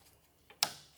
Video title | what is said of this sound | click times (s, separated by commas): How to Fix P261B Code: Toyota Prius Water Pump Replacement 2010-2015 | And you just put it on until it clicks. | 0.6 s